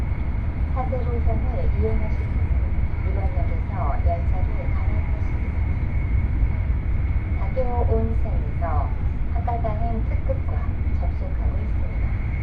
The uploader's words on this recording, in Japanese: 西九州新幹線 長崎→佐賀。西九州新幹線の全線通し、全駅停車の列車に乗って佐賀まで向かいます。